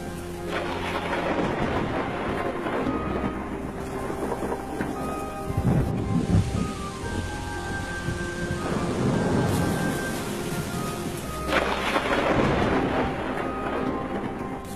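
heavy rain with thunder

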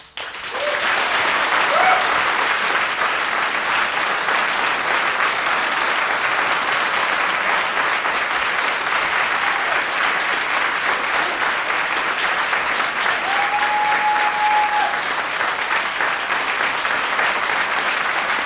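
studio audience applause

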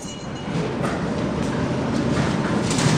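subway train

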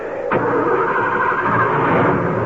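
car engine starting

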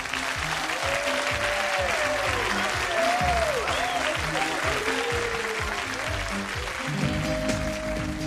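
audience applause

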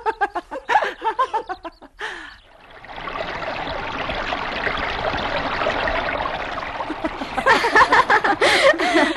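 flowing river water

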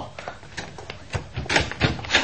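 door being opened

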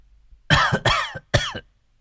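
old man coughing

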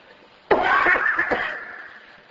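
cough

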